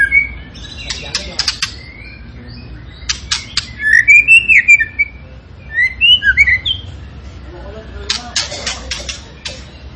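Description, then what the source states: Tembakan bird song mixing sharp ticking chips with bright, warbling whistled phrases that rise and fall, in short bursts separated by brief pauses. Cage bird in full, energetic song; a master recording used to train other cage birds.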